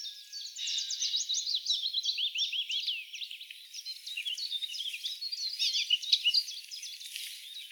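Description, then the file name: Eurasian blackcap warbling, a fast jumble of high, thin chirps and squeaks running on without pause over a steady hiss of background noise. "Sylvia atricapilla"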